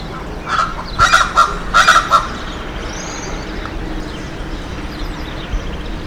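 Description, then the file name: Speckled chachalaca giving a short burst of several harsh, raucous honking calls within two seconds, followed by quiet background with faint bird sounds. Recorded at Balneário Camboriú, Santa Catarina, Brazil, on 23 November 2005. "Ortalis-guttata-Bal Camboriu-SC 23-11-05-ASilveira"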